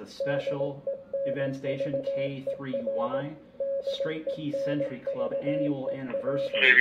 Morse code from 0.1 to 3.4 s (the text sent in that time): DENVER